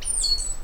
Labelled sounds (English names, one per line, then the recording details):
Stitchbird song
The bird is a male
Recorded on Tiritiri Matangi Island, New Zealand, in 2005
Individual 10, of nest box 12